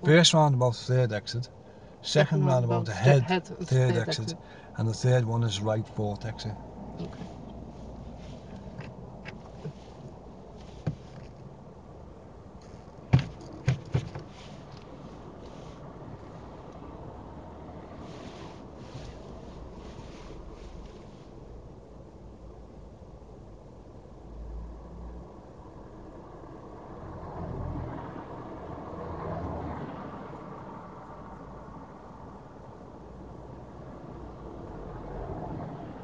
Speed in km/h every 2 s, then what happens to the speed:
0, 0, 0, 0, 0, 0, 0, 0, 0, 0, 0, 0, 0, 0, 0, 0, 0, 0.
0-36 standing.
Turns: none.